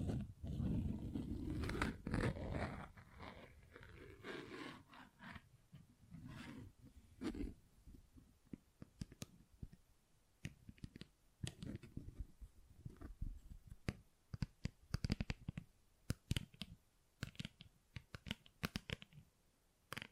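Tapping and scratching textures, with dense low rumbling rubs in the first seven seconds, then sparse, irregular crisp taps and scrapes.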